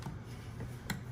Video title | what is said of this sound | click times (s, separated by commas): PC BUILD TUTORIAL 2021 - I BUILT THE BEST GAMING/STREAMING PC FOR UNDER $2,000! | you want to push in your rim stick until you hear that click sound | 0.9 s